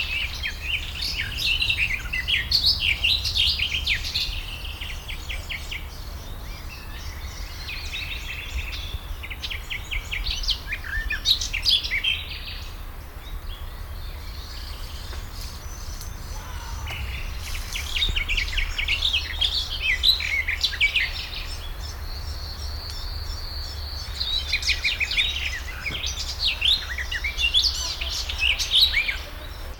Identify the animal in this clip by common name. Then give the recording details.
Garden Warbler. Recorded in the wild. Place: Karower Teiche, Naturpark Barnim, Berlin, DE. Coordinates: 52.7, 13.53. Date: 1996-05-16 14:15. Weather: bedeckt, 11-14°C. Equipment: Sony MD-WM MZ-R3, Sennheiser MKH 416 T, Kopie Uher 4000 Report Monitor. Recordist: Tembrock, Günter